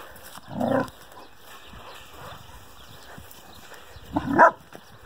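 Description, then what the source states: Dog giving two short barks a few seconds apart. Owner's pet dog Hera, playfully 'attacking' a horse.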